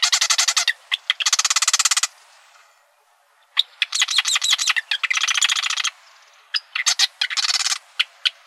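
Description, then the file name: Marsh wren giving dry, buzzy rattles, fast trains of clicks lasting about a second each, with scattered single ticks between bursts and short pauses. Recorded in Arizona on 4 July 2003. "MAWR 3 deviche"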